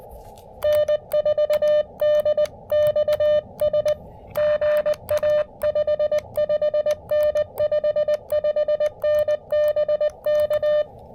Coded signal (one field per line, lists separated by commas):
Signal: Morse code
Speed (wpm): 20 wpm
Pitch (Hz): 600 Hz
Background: music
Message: N4DXS GA 55N 55N BK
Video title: Fort Macon State Park: High band, low-impact QRP POTA Activation!